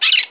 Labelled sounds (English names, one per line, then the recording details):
Brown-throated Parakeet contact call
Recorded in Margarita
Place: San Francisco, near stadium
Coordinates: 11.018, -64.294